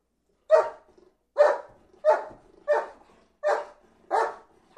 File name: Happy Dog playing and barking in garden